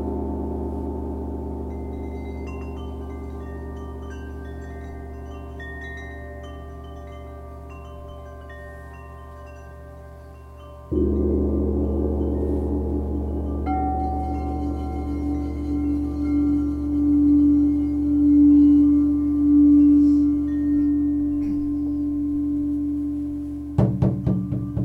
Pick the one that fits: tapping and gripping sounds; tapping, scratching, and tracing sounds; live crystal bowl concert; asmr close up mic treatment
live crystal bowl concert